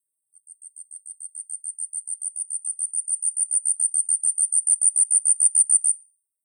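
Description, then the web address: Asian stubtail song: a long series of very high, thin, insect-like notes repeated rapidly and steadily growing louder for about six seconds before stopping abruptly. "yabusame"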